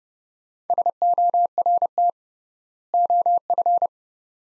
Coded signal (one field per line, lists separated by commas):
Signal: Morse code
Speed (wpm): 29 wpm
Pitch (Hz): 700 Hz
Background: none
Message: SORT OF